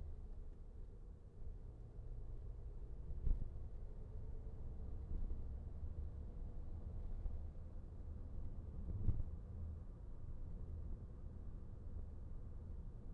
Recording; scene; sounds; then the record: everyday scene through a hearing-aid microphone; in a vehicle; engine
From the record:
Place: VW T5 Caravelle, diesel engine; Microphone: behind the ear, right, rear